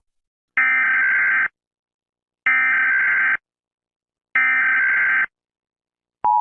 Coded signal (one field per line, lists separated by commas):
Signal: Emergency Alert System (SAME) tones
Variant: header bursts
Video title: End of the World - an EAS Scenario